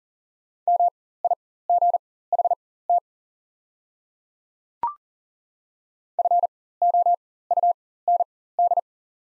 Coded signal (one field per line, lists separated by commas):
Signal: Morse code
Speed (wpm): 38 wpm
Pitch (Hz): 700 Hz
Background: none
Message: MIGHT FOUND